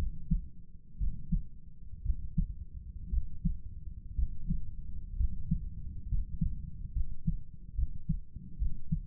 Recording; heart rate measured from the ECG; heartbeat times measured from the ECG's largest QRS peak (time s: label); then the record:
heart sounds by stethoscope; 63 bpm
0.98 s: heartbeat
2.03 s: heartbeat
3.10 s: heartbeat
4.16 s: heartbeat
5.17 s: heartbeat
6.08 s: heartbeat
6.93 s: heartbeat
7.75 s: heartbeat
8.59 s: heartbeat
From the record:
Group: healthy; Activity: rest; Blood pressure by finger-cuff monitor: 111/62 mmHg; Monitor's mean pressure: 78 mmHg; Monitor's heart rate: 59 bpm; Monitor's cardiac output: 6.6 L/min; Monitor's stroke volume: 115 mL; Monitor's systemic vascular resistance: 890 dyn s/cm5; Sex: male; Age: 35 years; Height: 180 cm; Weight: 86.9 kg